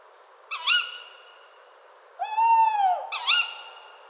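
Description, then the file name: Tawny owl calls: two sharp, shrill ke-wick notes separated by a long, drawn-out wavering hoot-like note, in a quiet background. A pair calling in a park at Cîteaux, France, on 30 December 2013 at 17:40. "Chouette-hulotte Couple 20131230 1740 Citeaux-parc"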